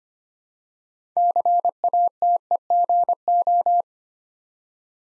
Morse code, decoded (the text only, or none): CATEGO